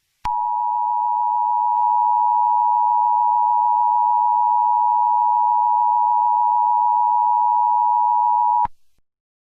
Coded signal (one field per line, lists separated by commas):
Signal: Emergency Alert System (SAME) tones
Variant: 853 and 960 Hz attention tone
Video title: The Greater Dying: A Bubonic Plague EAS Scenario